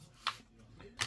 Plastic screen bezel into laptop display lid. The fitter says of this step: Put the screen in, put the bezel on, and you can just pop. Hear